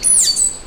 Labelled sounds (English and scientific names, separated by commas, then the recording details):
Stitchbird (Notiomystis cincta) song
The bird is a male
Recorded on Tiritiri Matangi Island, New Zealand, in 2005
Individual 3, of nest box 3